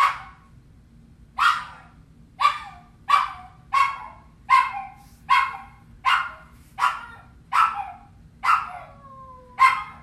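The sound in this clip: Hunting dog barking repeatedly at an even pace, about one bark every three quarters of a second, with a brief whine near the end.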